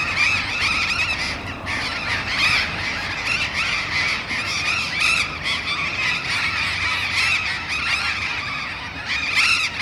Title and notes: Loros barranqueros (Cyanoliseus patagonus) en tendido eléctrico aéreo urbano. Humboldt esq. H. Yrigoyen. B° La Falda. Por Sonoteca Bahía Blanca